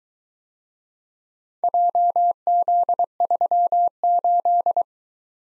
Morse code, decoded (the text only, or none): JZ38